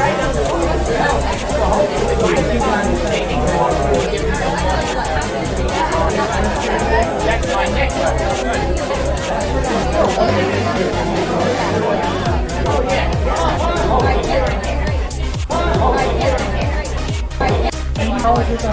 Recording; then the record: background sound without coughing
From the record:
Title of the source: Nightlife Party Simulating Party Club Noise 1 Hour